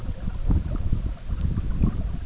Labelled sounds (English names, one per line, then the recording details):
none
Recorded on Arctic tundra, site EABA-MC, on 17 June 2019
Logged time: 04:00